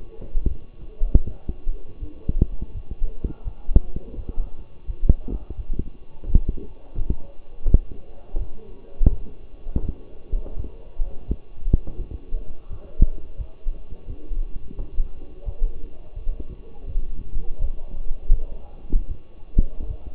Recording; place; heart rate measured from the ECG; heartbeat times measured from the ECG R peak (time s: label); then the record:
heart sounds by stethoscope; between the tricuspid and mitral areas; 84 bpm
0.48 s: heartbeat
1.24 s: heartbeat
1.99 s: heartbeat
2.73 s: heartbeat
3.44 s: heartbeat
4.16 s: heartbeat
4.87 s: heartbeat
5.56 s: heartbeat
6.26 s: heartbeat
6.94 s: heartbeat
7.64 s: heartbeat
8.38 s: heartbeat
9.09 s: heartbeat
9.81 s: heartbeat
10.55 s: heartbeat
11.27 s: heartbeat
11.97 s: heartbeat
12.69 s: heartbeat
13.37 s: heartbeat
14.06 s: heartbeat
14.76 s: heartbeat
15.45 s: heartbeat
16.15 s: heartbeat
16.86 s: heartbeat
17.58 s: heartbeat
18.29 s: heartbeat
19.07 s: heartbeat
19.87 s: heartbeat
From the record:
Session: walking at 3.7 km/h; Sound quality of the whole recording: partially saturated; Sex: male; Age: 24 years